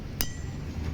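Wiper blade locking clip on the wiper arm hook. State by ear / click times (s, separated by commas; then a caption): seated / 0.2 s. On a 2017–2019 Mazda Miata MX-5 RF, the plastic locking clip on the second wiper blade is put back over the hook on the wiper arm and pressed down. It pops closed with one sharp, bright snap at 0.2 s, with faint ringing tones trailing after it over a low background hum. The clip is seated.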